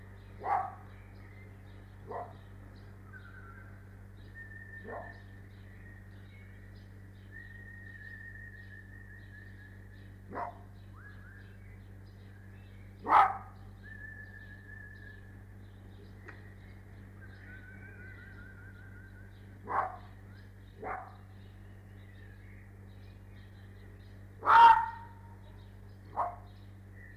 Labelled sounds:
Arctic Fox
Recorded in captivity
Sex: pair
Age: adult
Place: Zoologisches Institut der HUB, Berlin, DE
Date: 1958-03-29 16:50
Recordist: Tembrock, Günter

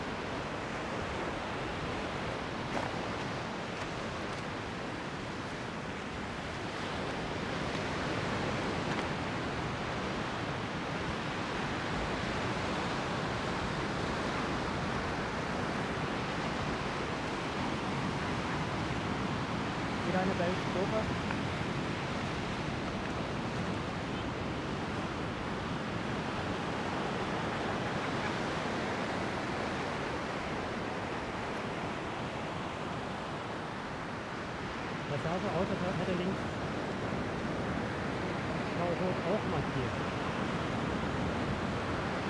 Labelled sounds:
Arctic Fox
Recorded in the wild
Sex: pair
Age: adult
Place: Insel Mednyi, Kommandeur-Inseln, RU
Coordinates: 54.5167, 168.083
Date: 1999-07-26 17:30
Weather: heiter, 16°C
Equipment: Sony WM-D6C, Sennheiser MKH 70, Windkorb, Kopie Tascam DA 30
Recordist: Frommolt, Karl-Heinz
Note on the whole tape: Pereshejek, Weststrand südlich Kap Dlinnyi: Wechselbellen Polarfuchsrüde rechts Grün/Blau 75 und links Blau/Violett 163 (Ansage links Blau/Rot). Entfernung minimal 6 m. Starke Brandungsgeräusche

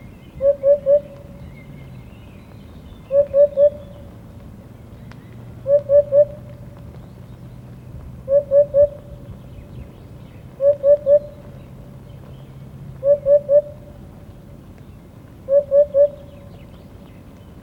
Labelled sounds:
Eurasian Hoopoe song
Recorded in the wild
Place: Villach, Kärnten, AT
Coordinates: 46.5921, 13.8245
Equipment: Uher 4100 Report-V
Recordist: Brunner, Thomas
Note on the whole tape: Wiedehopf, Gesang. Villache, in den Oberdörfern. Am 08. und 09. Mai 1971

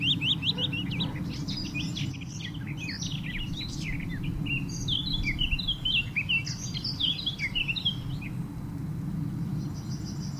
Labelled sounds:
Willow Warbler
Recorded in the wild
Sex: male
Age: adult
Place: Schorndorf beim Hegnauhof, Baden-Württemberg, DE
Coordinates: 48.7886, 9.56917
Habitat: edge of the woods, young stand
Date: 1966-06-03
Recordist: Jeserich, E
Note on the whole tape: 1,5 km südöstlich Schorndorf beim Hegnauhof. Waldrandnähe vorwiegend Fichte und Buche (Jungkultur). Phylloscopus trochilus trochilus "sylvestris". In der Umgebung 3 Zilpzalp-Sänger (auch junge Zilpzalpe, also war dort gebrütet und aufgezogen worden); kein troch.-Gesang im anschließenden Gelände. So zwei Tage lang

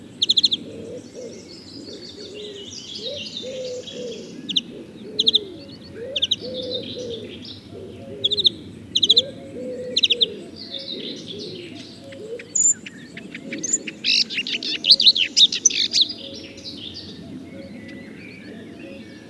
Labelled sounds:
Marsh Warbler song
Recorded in the wild
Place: Glowe, Insel Rügen, Mecklenburg-Vorpommern, DE
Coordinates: 54.574, 13.433
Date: 1977-06-03
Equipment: Nagra III BH, Sennheiser MD 21, parabola
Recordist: Schubert, Michael

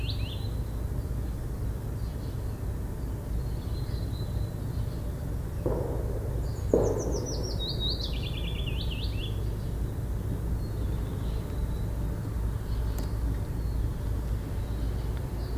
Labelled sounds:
Willow Warbler song
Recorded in the wild
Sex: male
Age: adult
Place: Burgholz bei Tübingen, Baden-Württemberg, DE
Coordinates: 48.5039, 9.23833
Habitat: thicket
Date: 1966-04-20
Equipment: Nagra III PH, kleiner englischer Parabolspiegel, LGS26
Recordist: Schneider, Hans-Joachim

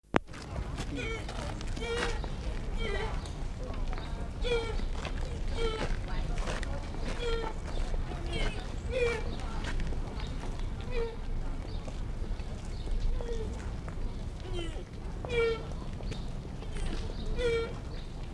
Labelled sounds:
Fallow Deer call
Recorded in captivity
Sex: diverse
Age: diverse
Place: Zoo Berlin, Berlin, DE
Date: 1959-07-04 16:00
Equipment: Reporter (Vollspur)
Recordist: Tembrock, Günter

